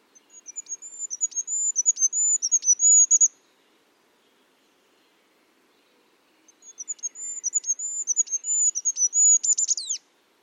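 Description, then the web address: Bird giving high, rapid chittering runs of thin notes with quick downward flicks, two bursts of about three seconds separated by a quiet pause. "cianscape. Deverinetal 2025. Bird Only"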